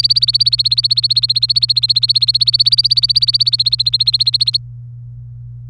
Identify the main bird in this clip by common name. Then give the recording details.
Domestic Canary. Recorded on 24 April 2018 at 17:24. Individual llb3